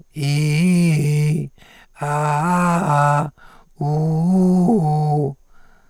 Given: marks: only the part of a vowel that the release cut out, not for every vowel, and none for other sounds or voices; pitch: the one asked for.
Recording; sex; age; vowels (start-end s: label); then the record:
sustained vowels; male; 70 to 79 years
0.23-1.27 s: vowel /i/, low-high-low pitch
2.25-3.20 s: vowel /a/, low-high-low pitch
3.88-5.23 s: vowel /u/, low-high-low pitch
From the record:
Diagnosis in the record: recurrent laryngeal nerve paralysis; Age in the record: 78 years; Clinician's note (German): Links, relativ gut kompensiert